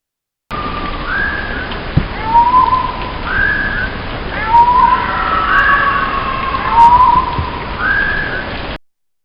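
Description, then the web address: Japanese tit song: slurred whistled notes, some rising and some falling, repeated in a steady series over a constant background hiss. "Parus minor"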